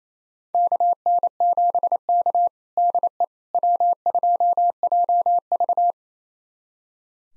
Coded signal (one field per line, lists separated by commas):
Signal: Morse code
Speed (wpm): 28 wpm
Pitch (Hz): 700 Hz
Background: none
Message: KN7K DE W2JV